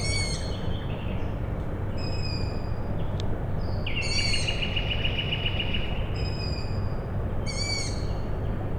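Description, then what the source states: Owl chick calls: scratchy stacked squeaks repeated several times over a continuous deep machinery hum. Owl chicks calling at night, Tuesday 21 May 2019, Michałkowice, Siemianowice Śląskie, Poland; industrial plant in background; recorded with Zoom H5 and Audio-Technica BP4025.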